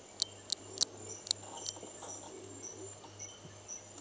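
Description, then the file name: Saffron-bellied frog gives quick high-pitched peeps, four in the first second and a half, then fainter chirps, against a constant insect hiss and low throbbing hum. Recorded at Mulu Base. "Bio Acoustica 09-Chaperina fusca - Mulu Base"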